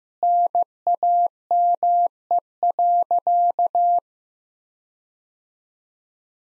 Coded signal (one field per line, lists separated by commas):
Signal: Morse code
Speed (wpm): 15 wpm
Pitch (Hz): 700 Hz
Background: none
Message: NAME.